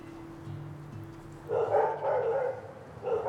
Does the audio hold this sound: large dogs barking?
yes